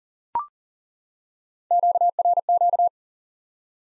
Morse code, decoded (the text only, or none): QRQ